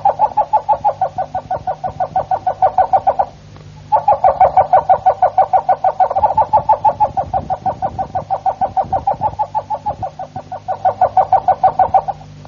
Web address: ~joaopt canarios cantoharz